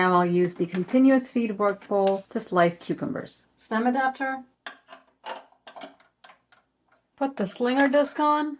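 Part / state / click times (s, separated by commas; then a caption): food processor slinger disc onto stem adapter / not seated / none. Someone talks while handling a Cuisinart 9 Cup Continuous Feed Food Processor, placing the stem adapter in the continuous-feed work bowl and putting the slinger disc onto it to slice cucumbers. Between the speech, light plastic knocks and taps are heard from about 4.7 s to 6.5 s. The slinger disc has not yet snapped or seated onto the stem adapter.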